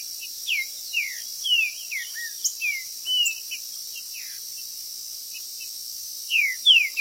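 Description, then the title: Green-winged saltator singing clear downward-sliding whistles in short groups, with a constant high insect-like hiss throughout. Chirping, singing and territorial calling (macheando) in a contest. "TRINCA Piando, Cantando E Macheando Na DISPUTA"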